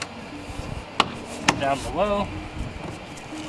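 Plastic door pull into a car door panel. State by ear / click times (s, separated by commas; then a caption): seated / 1.0 s. A plastic door pull trim is hooked into the grooves at the top of a 2006-2012 Mitsubishi Eclipse door panel, then pressed at the bottom until it snaps into the panel. A sharp snap at 1.0 s marks it seating, followed by a second click near 1.5 s while someone talks. The pull is then secure.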